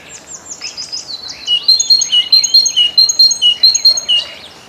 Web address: Przyroda Ptaki Bogatka